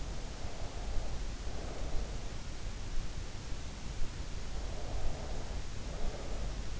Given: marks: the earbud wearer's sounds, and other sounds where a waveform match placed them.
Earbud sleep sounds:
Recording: sounds in sleep by an in-ear microphone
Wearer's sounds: breath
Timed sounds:
0.00-2.36 s: breath
4.72-6.64 s: breath

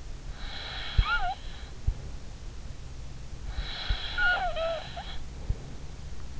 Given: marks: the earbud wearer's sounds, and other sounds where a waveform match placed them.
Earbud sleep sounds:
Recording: sounds in sleep by an in-ear microphone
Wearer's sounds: snoring breath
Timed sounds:
0.37-2.31 s: snoring breath
3.46-5.98 s: snoring breath

